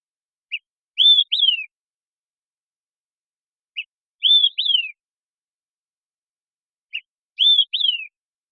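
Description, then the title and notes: Olive-sided flycatcher song: three clean whistled phrases, each a short pip then a rising note and a falling slurred note, repeated about every three seconds against silence. Song sequence, phrased as "Quick! Three beers!", recorded with a parabolic microphone and processed clean while keeping natural rhythm and pace. "Olive-Sided Flycatcher, Contopus cooperi, famous for being the bird that orders, "Quick! Three beers!""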